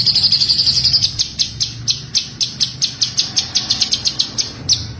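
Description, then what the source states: White-eye song: a fast high chatter, then sharp high notes repeated about four times a second, over a low steady hum. Continuously singing (gacor) white-eye, in a masteran recording with full tembakan bursts.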